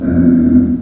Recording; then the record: squeal of a Yucatan mini pig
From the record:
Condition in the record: after surgery on the right vocal fold (resection and tissue-engineered implant); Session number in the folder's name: 5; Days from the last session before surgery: 33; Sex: female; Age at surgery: 19 weeks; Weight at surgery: 25 kg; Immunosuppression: prednisolone